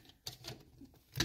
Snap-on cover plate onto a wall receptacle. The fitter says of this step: notched, and I heard it snap on, and I know that's perfect right there.